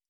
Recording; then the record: hydrophone in a shrimp aquaculture tank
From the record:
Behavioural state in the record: stressed